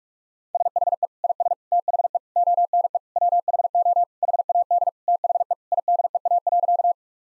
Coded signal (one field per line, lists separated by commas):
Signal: Morse code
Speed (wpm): 42 wpm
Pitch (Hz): 700 Hz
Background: none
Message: SHE IS THE ONE WHO HAD THE IDEA.